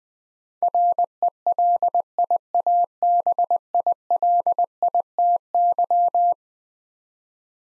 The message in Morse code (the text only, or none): RELIABILITY